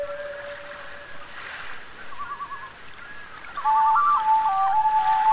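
Loon calling: a low steady note, then short quavering tremolo phrases that grow louder and warble rapidly near the end, with a soft background hiss.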